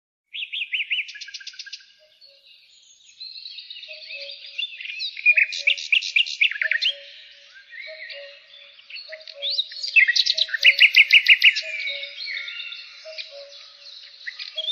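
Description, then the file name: Pied bushchat song: lively high warbling with rapid trilled bursts and sharp downslurred notes, pausing briefly, over faint low chirps repeated steadily. Therapy sound for birds. "suara terapi burung decu"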